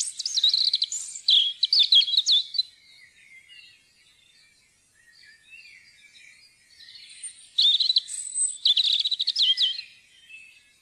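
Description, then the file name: European robin song in two bursts of high, sparkling warbles and trills, split by a quiet spell with only faint thin notes. Recorded in Norway. "roedstrupe"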